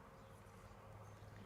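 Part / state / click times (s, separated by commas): piston ring into piston groove / not seated / none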